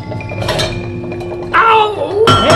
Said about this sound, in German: Hört ihr das? Was ist denn das? Das ist... Na sowas. Da kocht was auf dem Herd. Das ist doch unmöglich. Wer sollte den Topf denn auf sich haben?